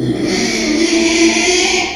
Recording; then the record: squeal of a Yucatan mini pig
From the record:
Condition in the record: after surgery on the right vocal fold (resection and tissue-engineered implant); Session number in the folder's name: 2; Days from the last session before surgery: 13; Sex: male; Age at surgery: 12 weeks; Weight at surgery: 13 kg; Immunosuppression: cyclosporine, prednisolone